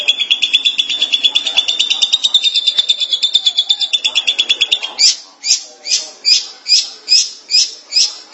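Long-tailed Shrike song: a steady buzzy rattle of high notes, then slower, separate sharp notes.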